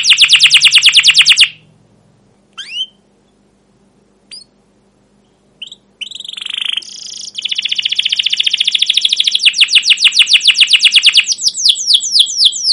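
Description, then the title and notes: Canary song with a rapid trill, then near silence broken by scattered short notes and a buzzy burst, before a long rolling trill of repeated chirps resumes. Caged canary song used as a lure to stimulate and tutor young canaries learning sounds; style described as cuit cuit, ngerol, gacor panjang (long continuous rolling chirps). "CUIT CUIT NGEROL LANGSUNG GACOR PANJANG Kenari Ini AMPUH Utk Pancingan KENAR. PANCINGAN Kenari GACOR PANJANG Cuit CUIT EMOSI ini AMPUH utk MASTERAN Kenari PAUD belajar BUNYI. burung kenari"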